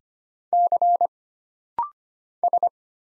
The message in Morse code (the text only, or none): C S